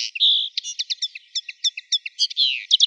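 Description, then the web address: Common linnet twittering: a fast, continuous run of bright, buzzy chirps and short trills, some notes repeated in quick clusters, with no other sounds. "Carduelis cannabina"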